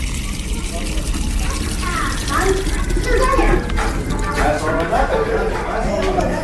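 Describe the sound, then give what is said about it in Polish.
Water sloshes and splashes steadily as a 10-year-old scoops it into a bucket in Mosul, Iraq, a continuous wet rushing with murmuring voices and chatter in the background. “Obok mnie 10-latek nabiera wodę do wiadra.”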